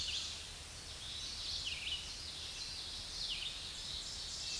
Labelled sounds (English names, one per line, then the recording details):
Red-eyed Vireo song
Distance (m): 30 m
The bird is about 5 m above the microphone
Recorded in a Pennsylvania forest on 16 May 2024 at 07:43
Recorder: AudioMoth, point MSD-2146
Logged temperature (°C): 16.7 °C
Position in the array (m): 149 m, 27 m